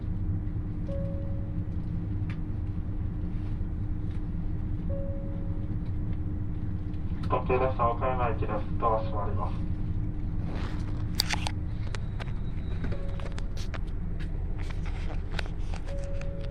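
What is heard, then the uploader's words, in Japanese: Inside a limited express train running between two stations: a steady, dense low rumble and a constant hum continue throughout. Short soft tones sound every few seconds, a voice speaks briefly around the middle, and scattered clicks and knocks follow near the end. 土讃線特急南風26号 阿波池田→多度津。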